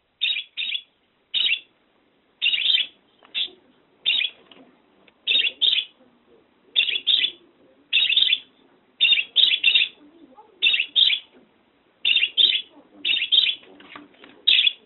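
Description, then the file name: Budgerigar calling with brief, scratchy chirps, often in pairs or triplets, repeated at irregular intervals of about a second over the whole stretch. "Budgie Sounds Asli"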